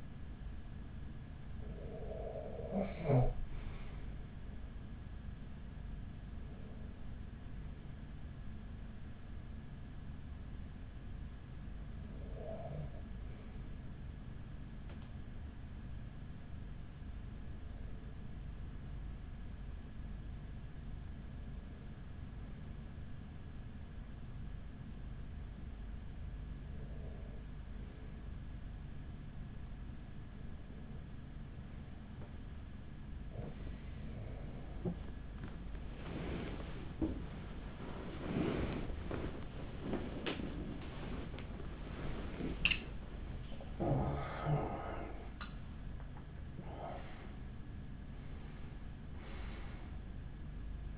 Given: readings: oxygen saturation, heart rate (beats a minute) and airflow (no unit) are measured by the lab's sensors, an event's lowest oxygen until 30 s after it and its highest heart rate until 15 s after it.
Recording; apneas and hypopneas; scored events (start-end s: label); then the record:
breathing in sleep by a smartphone at the bedside; 1
16.00-39.60 s: hypopnea (N1, oxygen 96% highest, then 94% lowest, heart rate 41 at the start, 62 highest)
From the record:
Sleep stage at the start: N1 (lightest sleep); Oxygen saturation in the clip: 94 to 96%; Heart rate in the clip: 41 to 62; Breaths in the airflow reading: 11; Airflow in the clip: -9.0 to 9.6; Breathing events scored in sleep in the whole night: 207 in 7.6 hours asleep